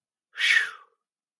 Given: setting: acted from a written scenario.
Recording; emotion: vocal sound without words; relief